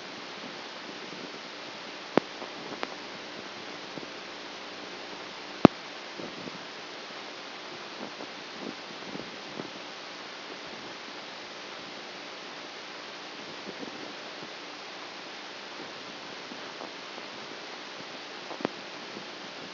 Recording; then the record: brain microelectrode recording played as sound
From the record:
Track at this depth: outside the subthalamic nucleus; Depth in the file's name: 6.001 mm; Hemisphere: right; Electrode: 2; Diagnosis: Parkinson's disease